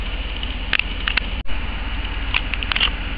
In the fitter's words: Once that's snapped into place,